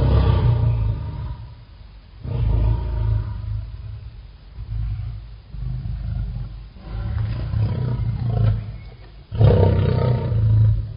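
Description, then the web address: Lion roaring, several deep rough bursts separated by short pauses, the first and last loudest. "Bobby Cole Lion"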